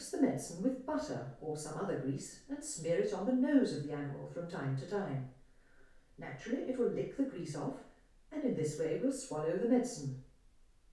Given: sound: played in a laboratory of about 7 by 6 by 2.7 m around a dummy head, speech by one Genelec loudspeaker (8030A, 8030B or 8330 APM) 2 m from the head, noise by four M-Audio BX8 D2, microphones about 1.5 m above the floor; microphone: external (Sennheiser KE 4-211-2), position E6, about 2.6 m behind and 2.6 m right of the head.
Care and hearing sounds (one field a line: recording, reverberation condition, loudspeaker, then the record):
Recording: female speech in English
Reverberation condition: medium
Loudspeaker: 120 degrees to the left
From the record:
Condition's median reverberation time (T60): about 510 ms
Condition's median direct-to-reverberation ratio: about -0.5 dB